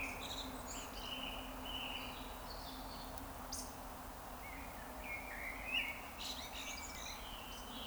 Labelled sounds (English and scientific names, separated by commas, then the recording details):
Eurasian Woodcock (Scolopax rusticola) whistle
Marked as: whistle, whistle, whistle
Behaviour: display flight
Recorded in Baden-Württemberg, Germany, on 28 May 2021 at 19:32 UTC
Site 46435, 986 m above sea level